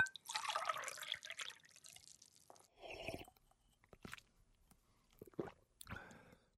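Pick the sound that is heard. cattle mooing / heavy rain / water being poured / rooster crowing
water being poured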